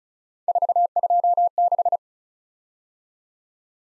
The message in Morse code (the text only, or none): 426